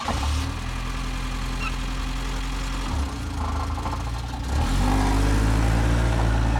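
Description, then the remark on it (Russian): A car engine rumbles steadily with low harmonic tones, briefly dips, then rises in pitch and loudness as Varlamov gets into the car and drives away, with no talking. “Варламов садится в машину и уезжает.”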